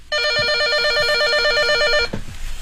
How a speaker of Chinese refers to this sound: 电话。 哦，兄弟你别急，你看看来电显示是谁来的电话。